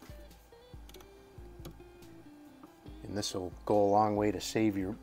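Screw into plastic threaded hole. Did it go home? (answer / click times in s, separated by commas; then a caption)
no / none. A screw is set in place in a threaded plastic hole and lined up, before being turned backwards to find the start of the thread. Faint light ticks come at about 0.9, 1.0, 1.7 and 2.6 seconds over low steady tones, then someone talks loudly from about 3 seconds. Nothing has seated or clicked yet.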